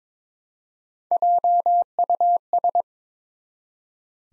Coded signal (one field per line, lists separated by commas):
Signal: Morse code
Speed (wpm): 22 wpm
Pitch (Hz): 700 Hz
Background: none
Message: JUS